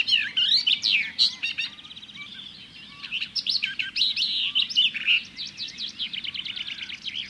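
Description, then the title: Barred Warbler delivering a long, hurried warble of scratchy, jumbled notes, with brief trills among them. "Viikon luontoääni: Kirjokerttu"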